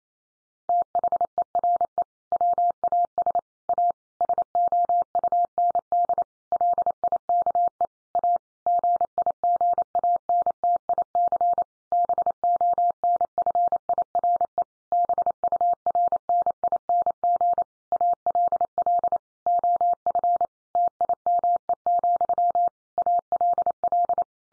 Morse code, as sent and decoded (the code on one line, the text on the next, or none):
- .... . .-. . / .-- .- ... / .- / ... --- ..- -. -.. / .-.. .. -.- . / .- / --. .. --. .- -. - .. -.-. / -... --- -. ..-. .. .-. . / -... ..- .-. -. .. -. --. / .- .-.. .-.. / --- ..-. / - .. -- . --..-- / .- .-.. .-..
THERE WAS A SOUND LIKE A GIGANTIC BONFIRE BURNING ALL OF TIME, ALL